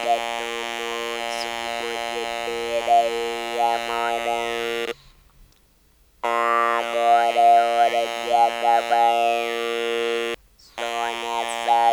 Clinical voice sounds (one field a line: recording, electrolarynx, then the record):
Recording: speech with an electrolarynx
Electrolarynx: conventional device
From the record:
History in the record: total laryngectomy